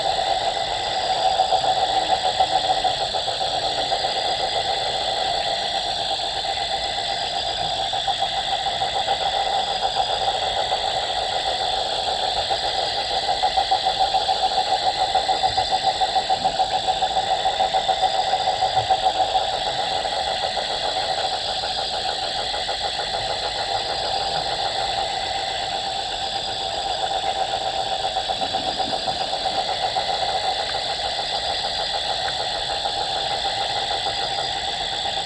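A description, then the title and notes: Insects and frogs fill a night jungle with a dense, steady drone of high buzzing and shrill trills, with regular pulsing calls throughout. Insects and frogs at Yacuma River. Insects and frogs at midnight in the jungles of Bolivian Amazonia. Recorded by Erick Ruiz Arellano.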